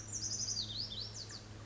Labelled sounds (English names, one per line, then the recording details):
Lazuli Bunting
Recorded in Sonoma County, California